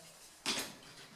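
A plastic slab-exit bend guide is handled against a multilayer floor-heating pipe with an aluminium core, ahead of being clipped onto it. A short, broadband rustling scrape rises at about 0.4 s and fades by about 0.8 s over a quiet background. Nothing has seated or clicked yet.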